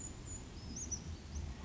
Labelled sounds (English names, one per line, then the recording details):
Brown Creeper
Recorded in Sonoma County, California